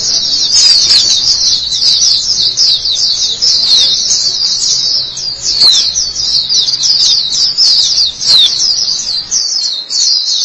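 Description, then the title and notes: White-eye song of quick, high-pitched chirps and trills delivered nonstop, bright and tinkling. "Suara kicauan burung pleci"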